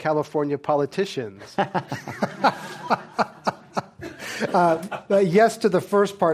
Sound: laughter

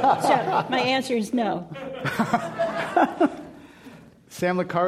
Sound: laughs

